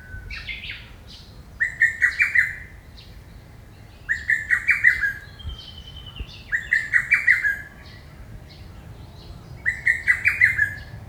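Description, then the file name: Lesser cuckoo song of four loud, hurried phrases, each a run of five or six accented notes, repeated every two to three seconds. "hototogisu"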